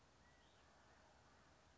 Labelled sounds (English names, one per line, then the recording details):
California Quail
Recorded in Sonoma County, California